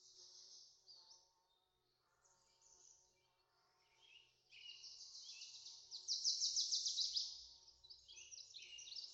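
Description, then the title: Bird song, a dense chorus of high chirps and trills, swelling loudest in the latter half, with a faint low rumble beneath. Backyard. "Backyard Birds - Ambient Nature Bird Sounds"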